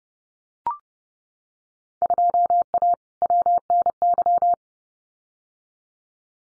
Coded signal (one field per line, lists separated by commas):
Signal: Morse code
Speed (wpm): 30 wpm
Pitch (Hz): 700 Hz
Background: none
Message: 2A WNY